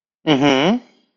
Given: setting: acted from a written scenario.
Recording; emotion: vocal sound without words; interest